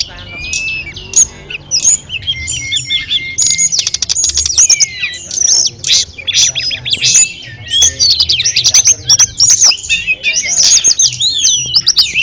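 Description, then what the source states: Sunda robin song: several birds overlapping in dense, rapid whistled phrases and sharp slurred notes, with only brief gaps. Five birds singing together in a group session.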